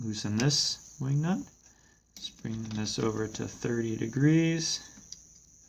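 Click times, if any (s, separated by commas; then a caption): 5.1 s. With the wing nut loosened, the metal angle guide of a bar-mount chainsaw sharpener is swung over to its 30-degree setting while someone talks. At 5.1 seconds it drops into its detent with a short, sharp tick, seating in place.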